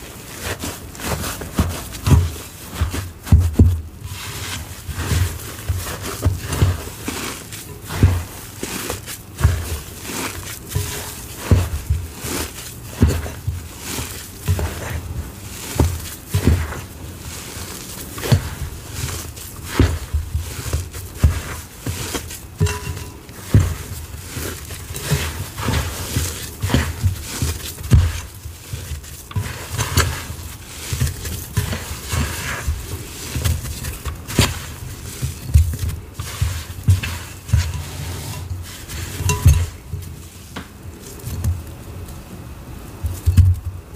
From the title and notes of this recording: Intense Red Holi + Spray Foam Reforming Session. Mixing paste, Holi powder, spray foam and pouring into a tin.